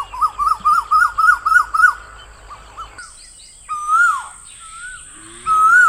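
Bird starting with a fast string of short, bouncy, ringing notes, then switching to slower, longer whistles that rise and fall, the last one loud.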